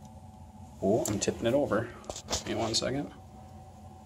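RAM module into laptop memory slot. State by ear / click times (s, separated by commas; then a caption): not seated / none. A second RAM stick is tipped over toward a laptop memory slot while someone talks over a low steady hum. It has not yet been pressed down into the slot, and nothing has seated or clicked yet.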